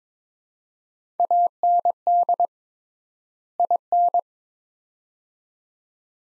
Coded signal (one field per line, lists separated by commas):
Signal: Morse code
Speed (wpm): 21 wpm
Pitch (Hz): 700 Hz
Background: none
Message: AND IN